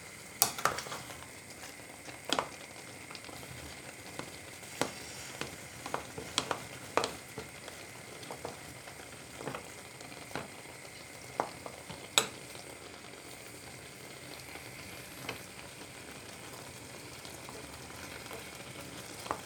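Apple compote simmers with a steady crackling sizzle, broken by sharp clicks and taps every second or two, likely a spoon stirring the pot.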